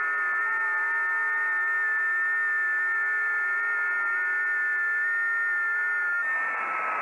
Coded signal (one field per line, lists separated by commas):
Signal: FT8